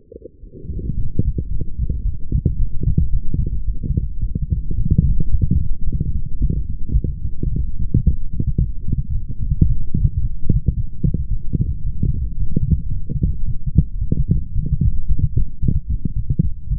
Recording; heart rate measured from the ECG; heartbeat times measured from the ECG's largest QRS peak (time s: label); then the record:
heart sounds by stethoscope; 111 bpm
0.39 s: heartbeat
0.95 s: heartbeat
1.48 s: heartbeat
2.02 s: heartbeat
2.57 s: heartbeat
3.11 s: heartbeat
3.65 s: heartbeat
4.20 s: heartbeat
4.75 s: heartbeat
5.30 s: heartbeat
5.84 s: heartbeat
6.38 s: heartbeat
6.93 s: heartbeat
7.49 s: heartbeat
8.03 s: heartbeat
8.58 s: heartbeat
9.12 s: heartbeat
9.66 s: heartbeat
10.20 s: heartbeat
10.74 s: heartbeat
11.29 s: heartbeat
11.84 s: heartbeat
12.38 s: heartbeat
12.92 s: heartbeat
13.45 s: heartbeat
13.99 s: heartbeat
14.53 s: heartbeat
15.07 s: heartbeat
15.60 s: heartbeat
16.14 s: heartbeat
16.68 s: heartbeat
From the record:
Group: healthy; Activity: light exercise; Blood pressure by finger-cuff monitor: 106/72 mmHg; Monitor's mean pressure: 82 mmHg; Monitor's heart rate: 111 bpm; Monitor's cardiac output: 8.2 L/min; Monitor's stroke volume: 74 mL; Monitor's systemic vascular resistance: 720 dyn s/cm5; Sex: female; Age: 19 years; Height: 163 cm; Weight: 48.9 kg